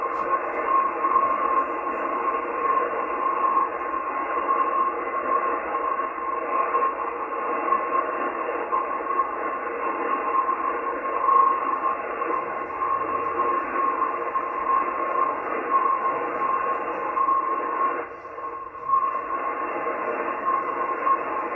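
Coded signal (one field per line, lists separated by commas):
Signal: numbers station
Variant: F01 FSK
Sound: continuous warbling FSK data tones around 1 kHz under shortwave static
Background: radio static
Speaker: so the exact frequency they were mentioning is 17471 but uh we hear it better on 14 17470 so this is f01 spy number station for the Pacific coming out of Asiatic Russia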